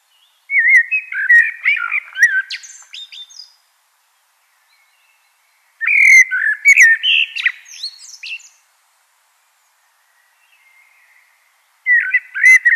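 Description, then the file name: Common blackbird song: three fluted, warbling phrases with squeaky high twitters, separated by pauses of a few seconds. "Turdus merula"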